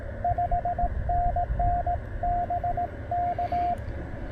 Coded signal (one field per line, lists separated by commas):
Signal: Morse code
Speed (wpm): 17 wpm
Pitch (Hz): 690 Hz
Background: radio noise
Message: 5NN BK